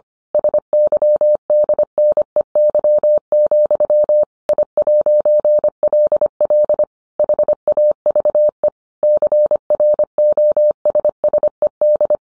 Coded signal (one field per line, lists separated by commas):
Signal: Morse code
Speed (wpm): 25 wpm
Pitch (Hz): 600 Hz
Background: none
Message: SYDNEY, I'LL HAVE CROSSED